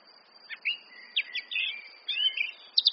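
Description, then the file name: Eurasian blackcap song fragments, short whistled and slurred notes separated by pauses over a faint background hiss. "Sylvia atricapilla"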